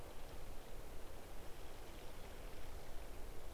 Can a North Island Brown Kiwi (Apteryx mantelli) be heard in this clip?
no